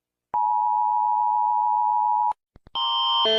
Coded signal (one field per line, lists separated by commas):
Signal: Emergency Alert System (SAME) tones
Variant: 853 and 960 Hz attention tone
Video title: Rating EAS Alarms #1: REVISITED